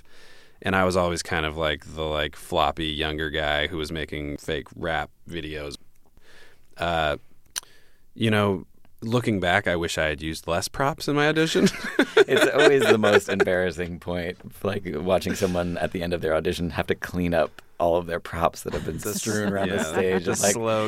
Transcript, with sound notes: And I was always kind of like the like floppy younger guy who was making fake rap videos. You know, looking back, I wish I had used less props in my audition.
(LAUGHTER)
It's always the most embarrassing point, like watching someone at the end of their audition have to clean up all of their props that have been just strewn around the stage.